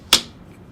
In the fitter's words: you're gonna hear that snap